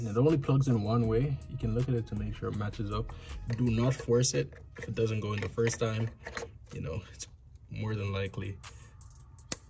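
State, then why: Seated. Someone talks while the electrical plug of an MHD flex fuel kit's flex fuel sensor, on a gen1 B58 engine (340i, 440i, 540i), is lined up the right way and pushed into its harness socket. A short, sharp click at 9.5 s marks the connector seating.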